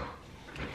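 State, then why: Seated. A plastic ramp on the frame of a tabletop ball-shooting game is pulled up and clicks into an angled position at 0.6 s, a short sharp snap over low background noise. The ramp is seated at its angled setting.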